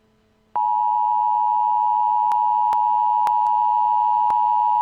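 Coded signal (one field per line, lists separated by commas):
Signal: Emergency Alert System (SAME) tones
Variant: 853 and 960 Hz attention tone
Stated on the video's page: Fictional EAS scenario about a zombie virus outbreak from a lab in British Columbia.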